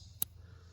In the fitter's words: system, and you can hear an audible click when it locks in.